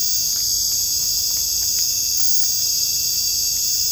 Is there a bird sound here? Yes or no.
no